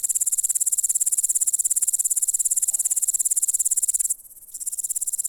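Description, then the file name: Grasshopper stridulating in a very high, rapidly pulsed buzz that runs on evenly, broken by one short pause before resuming. "кузнечик - звуки насекомых"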